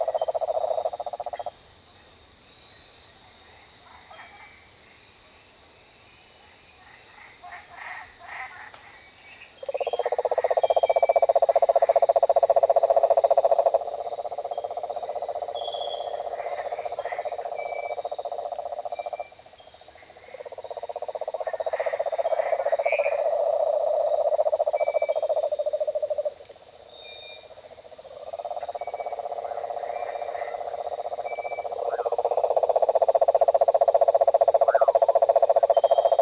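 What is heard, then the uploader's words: Morning rainforest atmosphere with a steady high insect whine running throughout. Loud bursts of a mid-pitched droning call, likely frogs or insects, come and go in blocks of several seconds, alternating with quieter stretches holding scattered chirps and bird notes. British Library - Rainforest Atmosphere Morning (Recorded by Richard Ranft).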